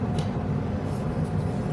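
A switch is passed through the rectangular cutout of a speaker housing and lined up in position before being pushed down to snap in. Only a steady low rumble and faint handling noise are heard, with no sharp sounds. Nothing has seated or clicked yet.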